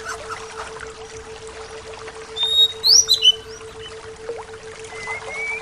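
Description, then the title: A bird sings one brief burst of high, sharp whistled chirps in the middle, set against soft hiss and a constant low hum. "SuaraBurung Kicau"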